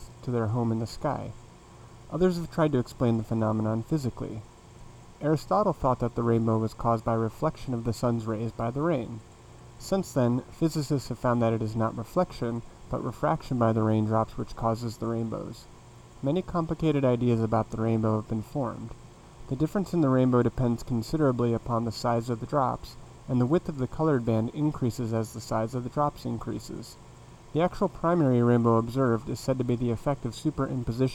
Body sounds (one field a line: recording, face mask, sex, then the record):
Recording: reading aloud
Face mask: none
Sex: male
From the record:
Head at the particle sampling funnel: facing it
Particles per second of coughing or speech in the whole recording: 3.44